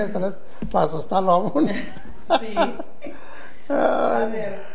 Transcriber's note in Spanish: risas